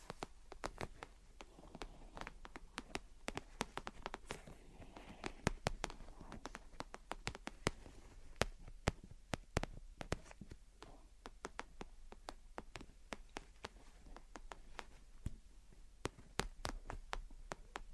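Gentle tapping and scratching, with sharp, irregular taps scattered through the whole stretch, sometimes in quick clusters and sometimes spaced apart. Softer scratchy rustling fills the gaps, and a low steady hum sits underneath throughout.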